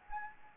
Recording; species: mosquito wingbeat signal from an infrared sensor; Anopheles gambiae